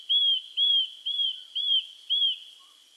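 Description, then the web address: Eurasian nuthatch calling with five loud, slurred whistles at a steady pace of roughly two per second over a faint background hiss. Recorded on 12 April 1998. "1998 980412 gojyuukara"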